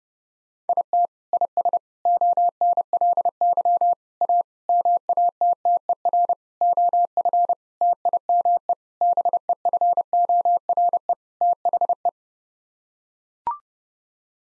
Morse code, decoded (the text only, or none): IT IS ONLY A MATTER OF TIME BEFORE THE